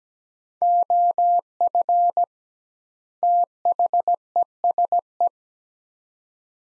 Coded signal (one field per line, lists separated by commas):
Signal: Morse code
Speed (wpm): 17 wpm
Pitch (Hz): 700 Hz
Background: none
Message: OF THESE